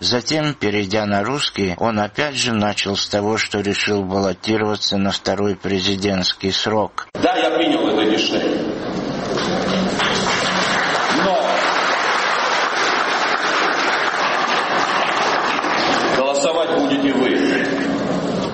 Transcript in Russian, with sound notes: Затем, перейдя на русский, он опять же начал с того, что решил баллотироваться на второй президентский срок:
«Да, я принял это решение. (Аплодисменты.) Но голосовать будете вы.